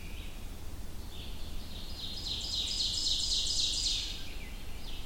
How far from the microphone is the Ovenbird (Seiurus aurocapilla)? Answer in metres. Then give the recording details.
about 35 m. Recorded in boreal forest in Alberta, Canada, on 25 June 2016 at 06:51. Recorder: SongMeter 3, array SBT-6-76. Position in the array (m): 25 m, 110 m. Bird 2